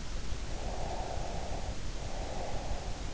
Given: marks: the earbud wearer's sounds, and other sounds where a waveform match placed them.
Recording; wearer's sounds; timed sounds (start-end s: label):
sounds in sleep by an in-ear microphone; breath
0.41-3.06 s: breath